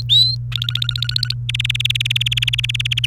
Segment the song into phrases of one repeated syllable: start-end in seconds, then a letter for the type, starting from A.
0.09-0.35 A, 0.52-1.34 B, 1.49-3.06 C